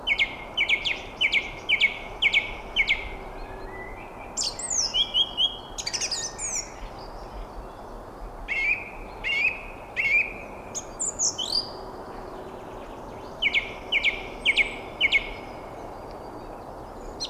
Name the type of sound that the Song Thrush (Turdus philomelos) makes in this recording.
song